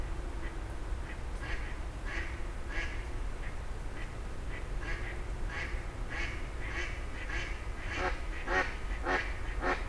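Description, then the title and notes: Grey heron rasping calls, faint and widely spaced at first, then louder and quicker toward the end, over continuous low road noise. Several grey herons exchanging calls at 04h00 in Fenouillet, France, as traffic gradually resumes. "44 Rue des Gourgues, 31150 Fenouillet, France - 04h00-Dialogue de Hérons cendrés. 04h00-Alors que la circulation reprend peu à peu, des hérons cendrés se font des politesses"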